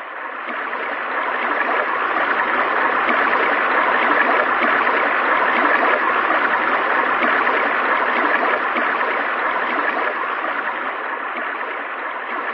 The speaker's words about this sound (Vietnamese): Chàng vừa rửa kiếm vừa vui mừng nhìn dòng suối nhỏ đang chảy về.